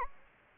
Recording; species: mosquito wingbeat signal from an infrared sensor; Anopheles gambiae